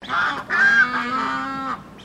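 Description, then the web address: Australian white ibis giving harsh, nasal honking calls, a short blast followed by a longer drawn-out grating honk, with no other clear sounds. Birds from South Australia; mixed honks. "Sound Effects-Foundation 1 BIRDS IBIS AUSTRALIAN WHITE MIXED HONK"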